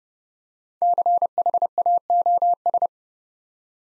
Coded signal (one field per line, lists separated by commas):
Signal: Morse code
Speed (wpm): 30 wpm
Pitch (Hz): 700 Hz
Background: none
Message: CHAOS